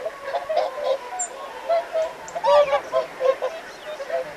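Whooper swans giving short honking calls in irregular bursts, several birds overlapping, with a louder cluster of bugles midway.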